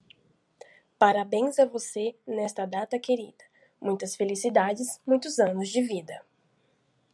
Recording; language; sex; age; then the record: short text; Brazilian Portuguese; female; 18 to 19 years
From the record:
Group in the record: control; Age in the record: 19 years